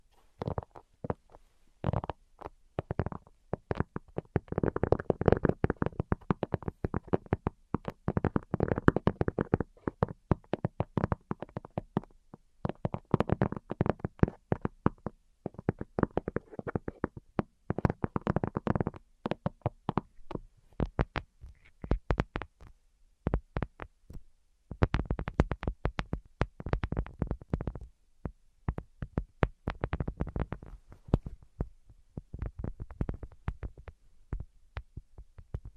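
Rapid tapping in dense bursts, fingers drumming quickly on surfaces, with short gaps and brief pauses between runs. Some passages sound duller and lower, others sharper and brighter, and the rhythm shifts often. No voice is heard.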